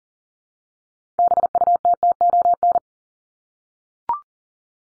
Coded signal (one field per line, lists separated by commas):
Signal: Morse code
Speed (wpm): 40 wpm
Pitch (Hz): 700 Hz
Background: none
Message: BUTTON